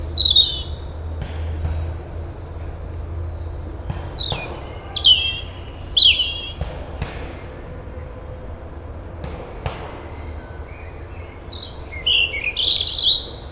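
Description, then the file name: European robin singing high, thin whistled phrases, brief and widely spaced, some sliding down, with faint low rumble beneath. "Erithacus rubecula"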